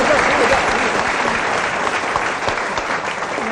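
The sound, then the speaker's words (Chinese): Steady applause from the men in an audience at a comedy sketch performance fills the whole stretch, a dense wash of many hands clapping at an even, sustained loudness with no pause, rising neither up nor down. “对，咱们男同胞给鼓鼓掌，给男同胞给鼓鼓掌。”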